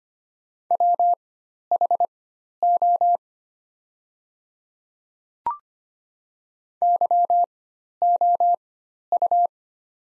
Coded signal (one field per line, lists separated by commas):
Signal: Morse code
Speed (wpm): 25 wpm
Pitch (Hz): 700 Hz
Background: none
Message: WHO YOU